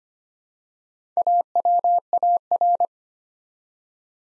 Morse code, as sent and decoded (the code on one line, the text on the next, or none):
.- .-- .- .-.
AWAR